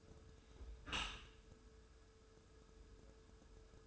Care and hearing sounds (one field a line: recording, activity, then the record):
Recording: daily activity, microphone in the room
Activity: close dishwasher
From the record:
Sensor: 2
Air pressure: 1014.8 hPa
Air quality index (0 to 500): 26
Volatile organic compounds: 1 ppm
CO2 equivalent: 509 ppm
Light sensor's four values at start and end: 10/23/9/9 and 10/23/9/9